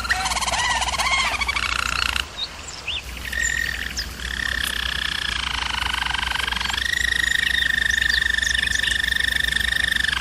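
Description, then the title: German Roller canary song: warbled, rolling phrases shifting into long, steady buzzy trills on one pitch, with bright higher tones above, continuous throughout. Singing; used for canary training. "German Roller Canary Singing - Canary Training Vid"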